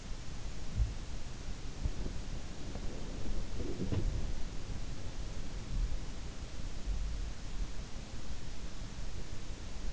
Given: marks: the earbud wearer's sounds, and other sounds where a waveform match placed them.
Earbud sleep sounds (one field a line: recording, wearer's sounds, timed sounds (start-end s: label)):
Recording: sounds in sleep by an in-ear microphone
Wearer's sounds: body movement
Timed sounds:
0.00-6.80 s: body movement